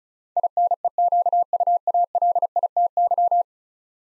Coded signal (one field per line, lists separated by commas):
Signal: Morse code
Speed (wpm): 36 wpm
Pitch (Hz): 700 Hz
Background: none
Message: INEQUALITY